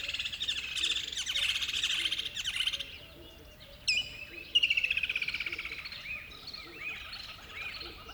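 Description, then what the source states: Birdsong: a dense chorus of high chirps, then a sharp downslurred note followed by a fast, descending trill of many repeated notes, with other birds twittering behind. Recorded at dawn by a river bed.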